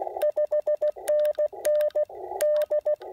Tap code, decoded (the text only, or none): none